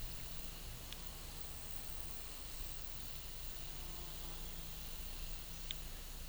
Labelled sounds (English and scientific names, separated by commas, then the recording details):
none
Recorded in pastures near Puerto Asís, Putumayo, Colombia, on 18 December 2024 at 11:00
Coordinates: 0.486, -76.323
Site GP01